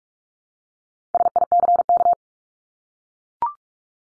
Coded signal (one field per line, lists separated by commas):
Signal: Morse code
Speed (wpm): 44 wpm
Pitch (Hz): 700 Hz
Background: none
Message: SICK